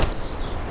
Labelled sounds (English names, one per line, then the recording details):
Stitchbird song
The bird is a male
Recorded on Tiritiri Matangi Island, New Zealand, in 2005
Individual 12, of nest box 16